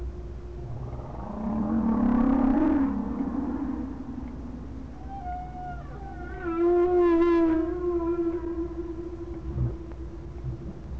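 Whale calls: a low moaning tone swelling and fading, then a higher wavering cry with rippling overtones, over a steady low rumble.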